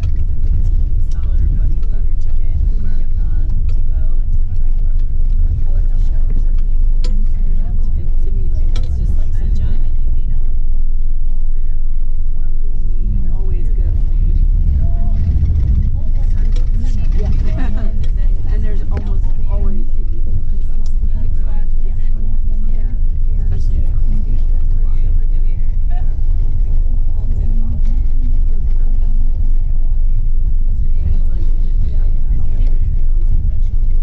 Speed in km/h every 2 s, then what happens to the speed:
17, 17, 18, 17, 13, 12, 10, 10, 11, 13, 14, 15, 15, 15, 16, 16, 15.
0-5 steady at about 17. 5-12 slows to 10. 12-34 steady at about 15.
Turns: none.